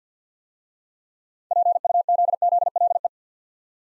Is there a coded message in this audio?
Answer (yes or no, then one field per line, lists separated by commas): yes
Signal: Morse code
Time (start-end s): 1.5-3.1 s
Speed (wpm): 48 wpm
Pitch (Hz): 700 Hz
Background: none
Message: PUZZLE